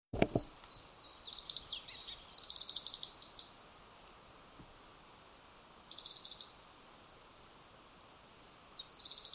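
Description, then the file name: European robin calls in thin, fast-pulsed high bursts, four separate runs spaced a few seconds apart, with a brief low thump at the very start. "Erithacus rubecula"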